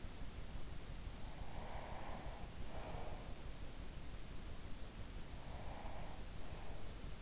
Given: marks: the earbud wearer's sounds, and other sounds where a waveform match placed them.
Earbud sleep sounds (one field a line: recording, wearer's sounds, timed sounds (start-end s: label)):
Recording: sounds in sleep by an in-ear microphone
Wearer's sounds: breath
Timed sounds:
1.69-3.64 s: breath
5.28-7.22 s: breath